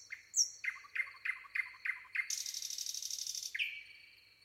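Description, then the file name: Common nightingale song: a high whistle, about six evenly spaced repeated notes, then a long rapid buzzy rattle and a final slurred note. "Luscinia megarhynchos"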